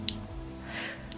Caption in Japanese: 柄の部分がですね、。 一定の力を入れると折れるようになって、折れるというかあの屈伸するようになってて、。 力を入れすぎると、はい、という音がする。この音がしたときは押し付けすぎなんです。割と簡、もうすぐの力で、。 ブラッシングの圧ですね、うん、もうそれが原因の一番です。